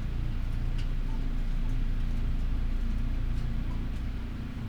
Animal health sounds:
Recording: poultry house recording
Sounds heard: healthy chickens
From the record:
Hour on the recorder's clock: 12

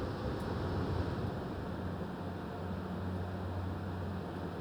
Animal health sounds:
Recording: poultry house recording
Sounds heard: no chicken sound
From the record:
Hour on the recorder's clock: 21

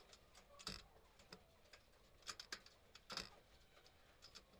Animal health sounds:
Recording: poultry house recording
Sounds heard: healthy chickens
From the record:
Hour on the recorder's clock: 7

